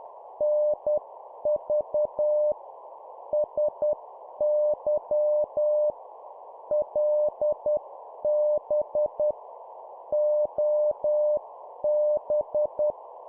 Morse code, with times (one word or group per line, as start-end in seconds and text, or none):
0.4-2.5 NV
3.3-5.9 SY
6.7-9.3 LB
10.1-12.9 OB